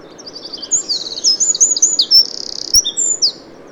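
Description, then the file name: Eurasian wren singing a rapid, high-pitched cascade of trills and piercing notes, with a short buzzy trill in the middle. "Troglodytes troglodytes"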